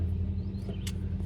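The metal contact blade of a wire tap connector is pushed down onto a wire with joint pliers over a steady low rumble. A short, sharp click at 0.9 s marks the blade seating flush on the wire.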